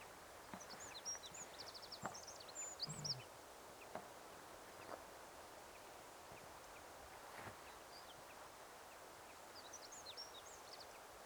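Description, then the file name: Eurasian wren giving a burst of high, dry clicking notes early on, fainter high calls near the end, and scattered soft knocks and rustles throughout. "Troglodytes troglodytes"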